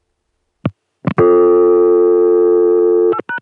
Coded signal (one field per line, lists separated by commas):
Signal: telephone call progress tone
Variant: North America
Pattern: dial tone